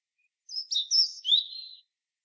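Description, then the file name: European robin song: a single phrase of sweet, high wavering notes that drop into a lower, drawn-out trill; silence on either side. "Erithacus rubecula"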